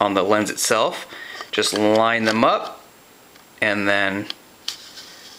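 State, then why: Seated. A lens hood is lined up with the lens by its red marks and twisted onto the lens's bayonet mount while someone talks. After a short quiet stretch it snaps into place with a sharp click at 4.7 s, and the hood is seated.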